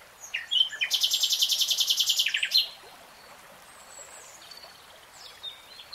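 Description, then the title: Nightingale song: a few sweeping notes, then a long, fast buzzy trill of rapid repeated pulses, followed by soft scattered notes. Nightingale singing, recorded in real time. "[Tiếng chim hót] 3 Hours REALTIME Nightingale Singing"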